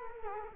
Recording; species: mosquito wingbeat signal from an infrared sensor; Culex quinquefasciatus